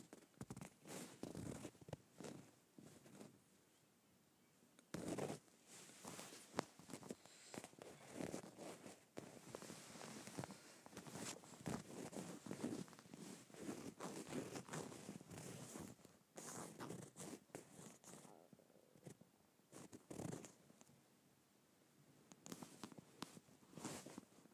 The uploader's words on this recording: ASMR Scratching Leather.